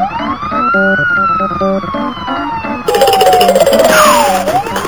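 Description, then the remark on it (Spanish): A border patrol vehicle's siren, far off in the desert at midday, wails in a slow, steady rise and fall, joined halfway through by a louder, harsher burst of noise as the tone sweeps down and back up. “Y a lo lejos divisa una patrulla fronteriza.”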